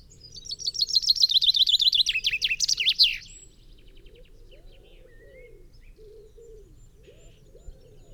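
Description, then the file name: Common chaffinch singing one cheerful phrase of rapid repeated chips that tumble downward into a terminal flourish, followed by quiet with a few faint bird notes. "Fringilla coelebs"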